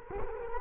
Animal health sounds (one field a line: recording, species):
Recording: mosquito wingbeat signal from an infrared sensor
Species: Culex quinquefasciatus